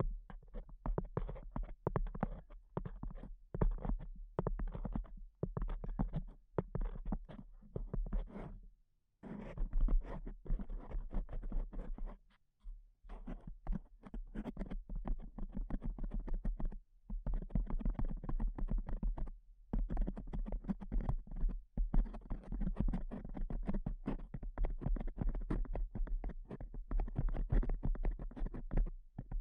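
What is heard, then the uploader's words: Tapping runs almost without pause, a dense stream of quick, dry knocks at an uneven pace, sometimes rapid, sometimes loosening. It briefly stops around nine and twelve seconds. A low hum sits beneath throughout, and the taps have a faint scratchy, writing-like edge. ASMR Pure Tapping Fast and Slow (No Talking).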